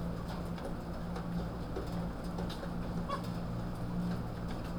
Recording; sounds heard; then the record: poultry house recording; healthy chickens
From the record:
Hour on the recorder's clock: 22